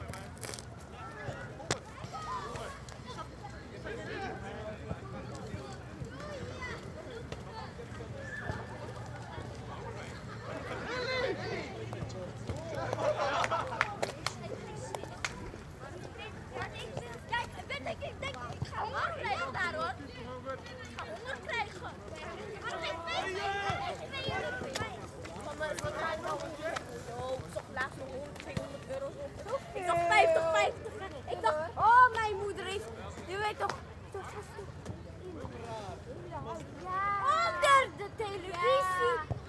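People play soccer on public sports fields, with voices calling and chatting throughout over a steady low hum. Shouts and sharper cries pick up after about thirty seconds, along with a few thumps and footsteps, and faint traffic sits underneath.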